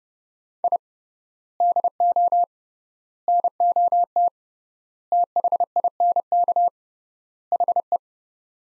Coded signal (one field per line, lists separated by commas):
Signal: Morse code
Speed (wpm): 30 wpm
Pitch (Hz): 700 Hz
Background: none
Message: I DO NOT THINK HE